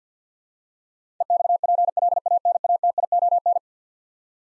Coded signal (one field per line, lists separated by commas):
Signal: Morse code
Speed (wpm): 50 wpm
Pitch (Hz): 700 Hz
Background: none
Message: EXPLANATION